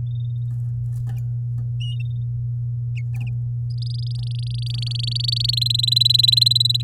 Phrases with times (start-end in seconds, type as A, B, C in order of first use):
3.70-5.51 A, 5.53-6.82 B